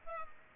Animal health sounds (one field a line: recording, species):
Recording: mosquito wingbeat signal from an infrared sensor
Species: Culex pipiens